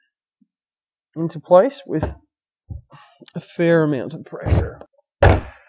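An illuminated G3BT sign is pressed evenly with both hands over its bolts into the mounting holes on a TGB Delivery Express scooter's delivery box. Someone talks throughout, with a few soft thumps of handling. Nothing has popped into place or seated yet.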